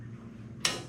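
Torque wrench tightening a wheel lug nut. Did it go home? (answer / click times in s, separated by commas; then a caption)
yes / 0.6 s. A child pulls up on a torque wrench set to about 27 lbs to tighten a wheel lug nut while changing tires. Over a low background hum, the wrench gives a single sharp click at 0.6 s, then the sound rings off briefly. The wrench reaches its setting and the job is confirmed done.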